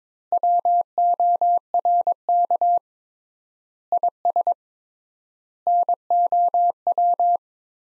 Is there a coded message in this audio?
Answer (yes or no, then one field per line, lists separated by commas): yes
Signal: Morse code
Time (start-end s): 0.3-7.4 s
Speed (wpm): 22 wpm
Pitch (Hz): 700 Hz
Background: none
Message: WORK IS NOW